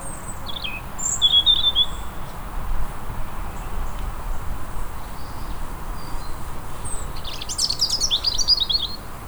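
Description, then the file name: European robin song: a brief high whistled phrase early on, a long quiet gap, then a longer glittering, trilled phrase of very high notes, steady background rumble throughout. "Erithacus rubecula"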